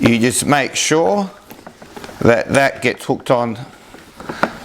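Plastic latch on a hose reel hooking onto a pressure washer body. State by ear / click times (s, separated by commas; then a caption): seated / 4.4 s. Someone talks while fitting the hose reel onto a Gerni Classic 130.3 pressure washer body and hooking its right-hand plastic latch under the catch, with a few soft knocks along the way. A sharp click at 4.4 s marks the latch engaging, and it is locked into place, holding the reel.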